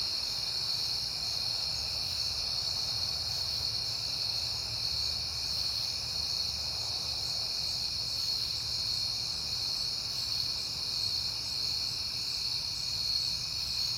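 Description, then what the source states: Crickets chirping in a bright, sustained trill chorus that shimmers evenly throughout, over a faint low hum. Crickets recorded at night in September on a peaceful night.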